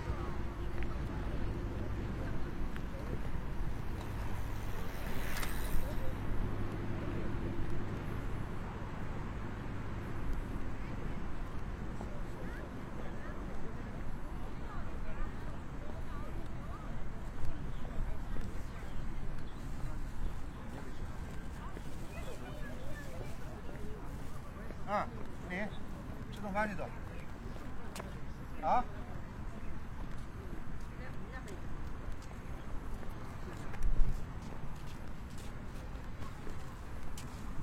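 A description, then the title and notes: A midday walk outdoors on a cloudy day, with a steady low rumble throughout and a humming drone that fades after about ten seconds. Murmured voices come and go, a brief hiss flares near five seconds, scattered clicks cluster around 25–29 seconds, and a sharp knock lands near 34 seconds. 27℃ 多云天的午间散步. Noon Break Walking On A Cloudy Day.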